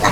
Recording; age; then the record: pig call; piglet (1 to 25 days)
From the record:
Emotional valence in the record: positive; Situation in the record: reunion after long isolation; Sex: male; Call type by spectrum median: low-frequency call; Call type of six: low-frequency tonal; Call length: 0.12 s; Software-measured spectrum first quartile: 637 Hz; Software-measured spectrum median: 1152 Hz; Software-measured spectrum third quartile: 2515 Hz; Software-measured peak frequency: 1017 Hz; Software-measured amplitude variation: 84 dB a second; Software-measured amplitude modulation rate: 12.6 a second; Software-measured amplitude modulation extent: 6.7 dB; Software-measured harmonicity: -0.4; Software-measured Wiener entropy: -1.25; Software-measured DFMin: 812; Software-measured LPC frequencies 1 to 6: 1042, 1914, 3873, 4374, 5171, 6337 Hz